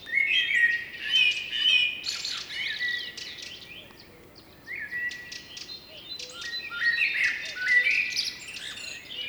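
Blackbird song: fluted phrases with thin high twitters, delivered in bursts with a quieter pause midway.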